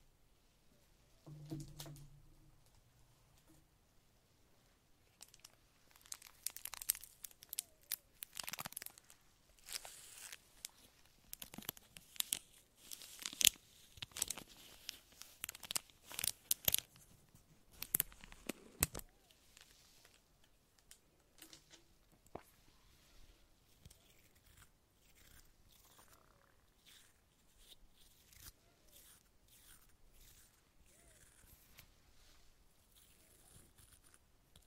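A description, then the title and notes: Soft brushing against a face and microphone, heard as dry strokes and crinkly rustles. The strokes come in uneven bursts, densest and loudest between about 6 and 19 seconds, then settle into fainter, sparser brushing toward the end. ASMR Face and Microphone Brushing for Relaxation.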